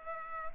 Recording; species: mosquito wingbeat signal from an infrared sensor; Culex pipiens